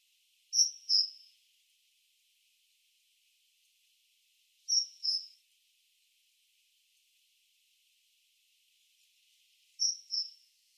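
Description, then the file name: Great tit call: a high, thin two-note phrase, both notes with a sharp onset and a fading tail, repeated three times at intervals of a few seconds, with faint background hiss. "Parus major"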